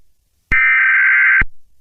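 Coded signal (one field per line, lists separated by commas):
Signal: Emergency Alert System (SAME) tones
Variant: header bursts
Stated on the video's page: Simulated EAS alert.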